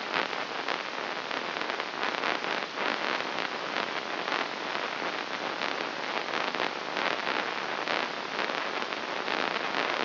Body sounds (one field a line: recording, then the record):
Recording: brain microelectrode recording played as sound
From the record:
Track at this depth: inside the subthalamic nucleus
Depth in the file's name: 6.109 mm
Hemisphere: left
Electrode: 3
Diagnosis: Parkinson's disease